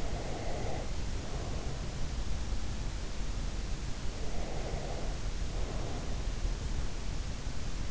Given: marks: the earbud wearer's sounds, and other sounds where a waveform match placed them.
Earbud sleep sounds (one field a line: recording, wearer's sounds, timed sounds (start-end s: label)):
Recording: sounds in sleep by an in-ear microphone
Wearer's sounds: breath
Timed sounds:
0.00-1.74 s: breath
4.26-6.16 s: breath